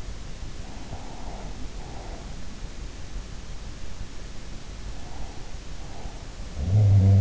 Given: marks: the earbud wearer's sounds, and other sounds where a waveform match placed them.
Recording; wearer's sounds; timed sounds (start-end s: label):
sounds in sleep by an in-ear microphone; breath
0.70-2.65 s: breath
5.93-7.21 s: sound from someone else or the room